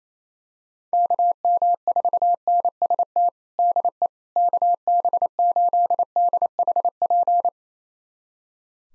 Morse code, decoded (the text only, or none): KM4NST DE KB8DHP